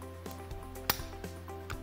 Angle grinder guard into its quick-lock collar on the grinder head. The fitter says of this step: lock very positive swivel it around to any convenient positions clicks in place really positive quick